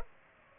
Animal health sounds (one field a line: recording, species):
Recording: mosquito wingbeat signal from an infrared sensor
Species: Culex pipiens